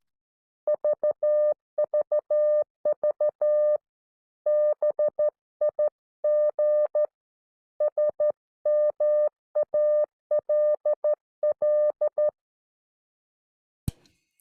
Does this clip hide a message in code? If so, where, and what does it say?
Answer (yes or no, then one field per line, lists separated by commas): yes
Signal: Morse code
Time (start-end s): 0.7-12.3 s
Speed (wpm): 13 wpm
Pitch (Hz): 600 Hz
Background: none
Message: VVV BIG SMALL